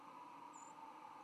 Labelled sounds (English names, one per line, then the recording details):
White-throated Sparrow flight call
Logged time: 08:52 on 10 November 2014